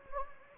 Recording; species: mosquito wingbeat signal from an infrared sensor; Anopheles gambiae